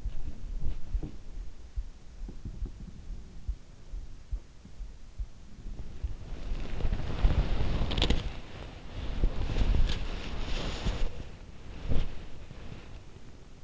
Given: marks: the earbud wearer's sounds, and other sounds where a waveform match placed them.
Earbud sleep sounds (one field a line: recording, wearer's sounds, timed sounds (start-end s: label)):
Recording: sounds in sleep by an in-ear microphone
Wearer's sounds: body movement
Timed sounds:
0.00-0.82 s: body movement
0.39-1.46 s: sound from someone else or the room
2.20-4.80 s: sound from someone else or the room
5.91-13.64 s: body movement